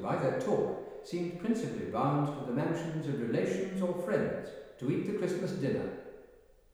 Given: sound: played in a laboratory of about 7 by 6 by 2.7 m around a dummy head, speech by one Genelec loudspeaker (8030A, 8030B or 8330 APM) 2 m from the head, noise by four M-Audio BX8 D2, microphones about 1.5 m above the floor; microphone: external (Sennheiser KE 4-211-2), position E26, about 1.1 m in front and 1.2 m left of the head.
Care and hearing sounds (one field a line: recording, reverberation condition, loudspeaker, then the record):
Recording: male speech in English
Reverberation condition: high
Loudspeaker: 90 degrees to the left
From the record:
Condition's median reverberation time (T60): about 1300 ms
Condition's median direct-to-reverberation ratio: about -4.0 dB